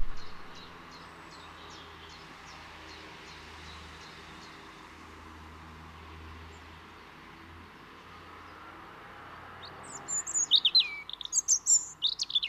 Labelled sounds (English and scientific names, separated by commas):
European Robin (Erithacus rubecula) song